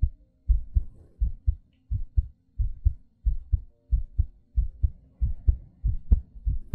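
Steady paired low thumps, lub then dub, repeat about every two-thirds of a second, roughly 90 beats a minute, in an even rhythm. A close ASMR-style heartbeat with breathing; the breathing is not clearly separable from the beats.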